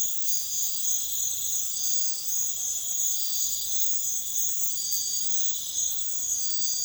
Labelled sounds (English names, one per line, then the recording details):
none
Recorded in dense forest near Puerto Asís, Putumayo, Colombia, on 20 February 2024 at 05:00
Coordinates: 0.505, -76.324
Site G6467